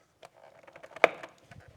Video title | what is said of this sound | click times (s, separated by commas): Panovista Extended Convex Mirrors with Sequential Turn Signals - How to Install - Goldstrike | and then once you've got them firmly seated in there push down on the bottom till you hear a snap | 1.0 s